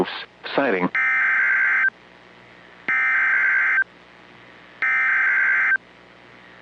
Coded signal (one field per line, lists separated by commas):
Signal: Emergency Alert System (SAME) tones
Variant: header bursts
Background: speech